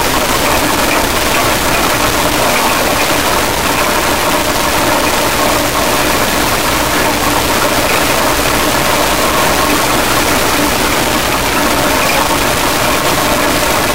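A river rushes steadily beneath a footbridge, a dense, unbroken roar that holds the same level for the whole stretch. The sound is full and hissy, bright at the top with a low rumble underneath, and a faint engine-like drone sits in the background.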